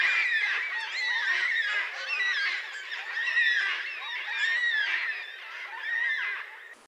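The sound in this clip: Yellow-tailed black cockatoo calls: harsh, drawn-out wailing notes overlapping almost continuously, swelling and fading in waves.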